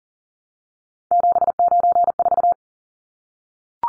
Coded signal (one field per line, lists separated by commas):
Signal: Morse code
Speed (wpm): 40 wpm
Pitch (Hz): 700 Hz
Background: none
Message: 794